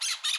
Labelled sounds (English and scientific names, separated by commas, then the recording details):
Brown-throated Parakeet (Eupsittula pertinax) contact call
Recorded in Curacao
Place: Hoffi Jan Thiel
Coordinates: 12.094, -68.877